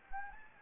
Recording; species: mosquito wingbeat signal from an infrared sensor; Anopheles arabiensis